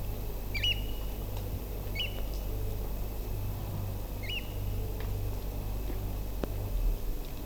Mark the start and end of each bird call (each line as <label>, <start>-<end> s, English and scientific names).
Eurasian Oystercatcher (Haematopus ostralegus), 0.54-0.74 s
Eurasian Oystercatcher (Haematopus ostralegus), 1.95-2.08 s
Eurasian Oystercatcher (Haematopus ostralegus), 4.23-4.41 s